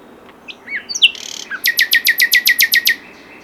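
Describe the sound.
Common nightingale song: short varied notes and a buzz, then a loud, evenly spaced series of many sharp descending notes.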